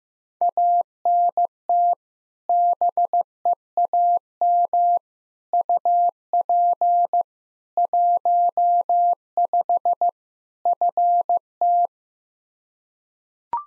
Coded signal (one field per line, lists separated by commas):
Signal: Morse code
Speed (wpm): 16 wpm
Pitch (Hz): 700 Hz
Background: none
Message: ANT BEAM UP 15 FT